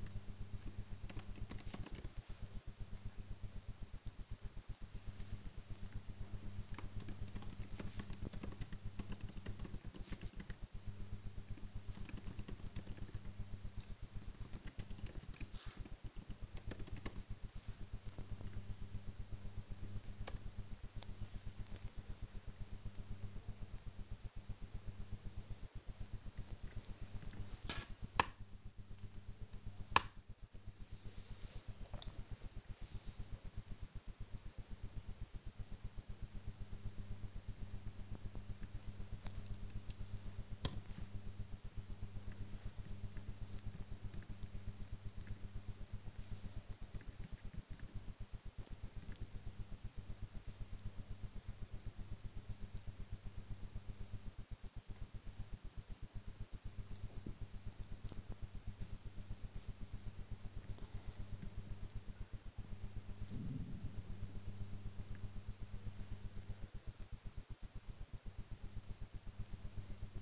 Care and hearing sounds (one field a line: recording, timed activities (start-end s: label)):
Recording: household activities, microphone on the right wrist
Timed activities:
0.00-2.60 s: working on the computer
3.61-70.22 s: working on the computer